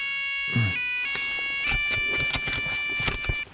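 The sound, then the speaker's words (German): A mobile phone ringtone plays an electronic melody of steady, bright tones that shift pitch in steps, with rustling and clattering noises underneath throughout. “Ach, das Handy.”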